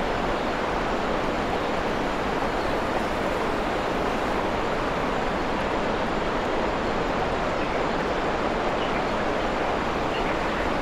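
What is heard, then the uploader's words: A waterfall pours without pause, a dense, steady roar that fills the lows and mids and thins toward the top. The level holds flat for the whole eleven seconds, with no distinct events standing out, only a grainy, rushing texture throughout. Waterfall in a Forest Clearing. This one we recorded is in Wales.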